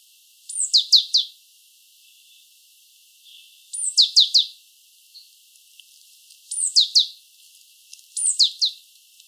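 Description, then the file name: Great tit calls in short bursts of a few high, sharply falling notes after a brief high whistle, repeated at irregular intervals, with faint chips between. "Parus major"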